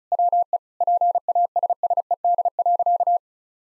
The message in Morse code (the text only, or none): WE PASSED.